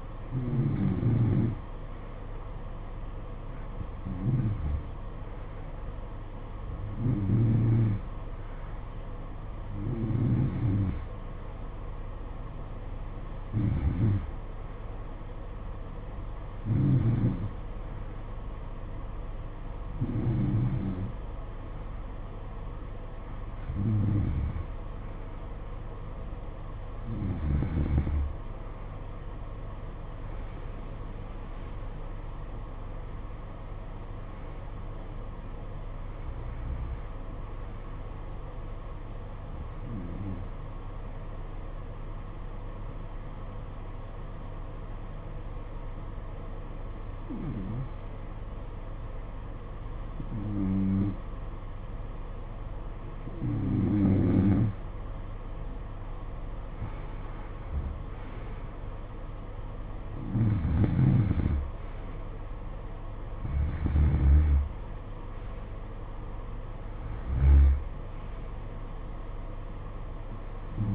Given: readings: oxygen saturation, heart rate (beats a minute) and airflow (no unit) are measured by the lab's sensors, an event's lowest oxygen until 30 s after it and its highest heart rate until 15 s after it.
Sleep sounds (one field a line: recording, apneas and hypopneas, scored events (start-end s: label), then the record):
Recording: breathing in sleep by a smartphone at the bedside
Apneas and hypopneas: 2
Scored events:
16.00-29.90 s: hypopnea (N2, oxygen 89% highest, then 89% lowest, heart rate 65 at the start, 69 highest)
41.00-54.90 s: hypopnea (N2, oxygen 91% highest, then 86% lowest, heart rate 58 at the start, 66 highest)
From the record:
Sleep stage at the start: N2 (light sleep)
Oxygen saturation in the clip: 86 to 91%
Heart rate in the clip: 56 to 69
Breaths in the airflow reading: 21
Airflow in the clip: -10.5 to 10.0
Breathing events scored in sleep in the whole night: 476 in 9.7 hours asleep